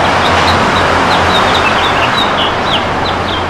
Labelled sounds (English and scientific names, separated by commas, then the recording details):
House Finch (Haemorhous mexicanus) song
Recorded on Long Island, New York, on 15 June 2012
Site WI
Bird A